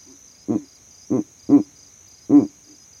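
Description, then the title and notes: Verreaux's eagle owl giving four deep, gruff grunting hoots in an irregular rhythm, backed by an unbroken high insect buzz. Male advertising his territory at night from a tree in savanna; captured by an overnight recording rig set up in that same tree. "Owl Calling In The Savanna. This Verreaux's eagle owl advertised his territory from the exact tree that I set up my overnight sound recording rig in"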